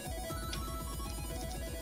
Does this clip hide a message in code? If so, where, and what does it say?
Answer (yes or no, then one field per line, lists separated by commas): no